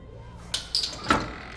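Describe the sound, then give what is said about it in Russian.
An apartment door in a dark old stairwell being unlatched and opened by a sweaty man in a sweater: three sharp clicks and knocks from the lock and handle, with a short high squeak, against a faint, steady background hum. “В темном старом подъезде звонит в дверь. Ему открыл потный мужчина в свитере.”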